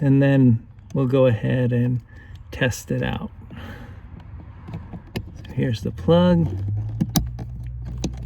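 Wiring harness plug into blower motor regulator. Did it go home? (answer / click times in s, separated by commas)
yes / 7.2 s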